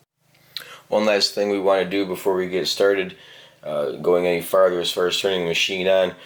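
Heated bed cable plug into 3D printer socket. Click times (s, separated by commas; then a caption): 0.6 s. The heated bed power cord of a Snapmaker 2.0 3D printer is routed around the side of the frame, and its plug is pushed into the socket until it seats with a loud, sharp, short click at 0.6 s. Someone then talks.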